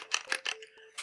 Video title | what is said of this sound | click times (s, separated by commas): The Micronta Battery Tester from RadioShack | Get a nice little click it mix. | 0.1 s